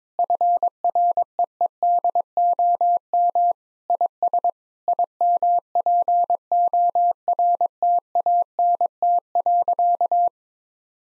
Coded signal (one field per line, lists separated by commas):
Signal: Morse code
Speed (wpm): 22 wpm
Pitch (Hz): 700 Hz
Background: none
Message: FREEDOM IS IMPORTANT.